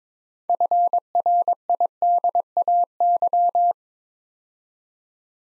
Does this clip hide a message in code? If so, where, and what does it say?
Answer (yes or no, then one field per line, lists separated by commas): yes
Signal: Morse code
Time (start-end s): 0.5-3.7 s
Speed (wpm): 23 wpm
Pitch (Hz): 700 Hz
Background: none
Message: FRIDAY